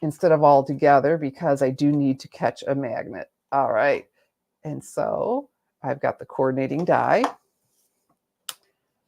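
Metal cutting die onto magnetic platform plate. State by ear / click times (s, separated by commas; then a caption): seated / 8.5 s. Someone talks for most of the clip, then a thin metal cutting die is set onto a magnetic die-cutting platform plate. The magnet pulls it down with a single sharp snap at 8.5 s, and the die is seated on the plate.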